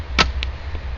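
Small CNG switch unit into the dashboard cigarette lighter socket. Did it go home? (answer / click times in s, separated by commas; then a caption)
yes / 0.2 s, 0.4 s. A small CNG switch/indicator unit is pushed into the cigarette-lighter opening in the dashboard of a 2005 Taurus until it snaps into place. A broadband snap is heard at 0.2 s and a short, sharp click at 0.4 s, over a steady low hum. The unit is seated in the lighter socket.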